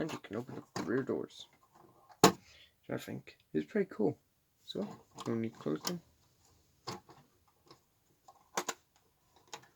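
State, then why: Seated. Someone talks while the hinged rear doors of a plastic or diecast model truck trailer are opened and then closed onto the trailer body. The doors latch shut with a full click at 8.6 s.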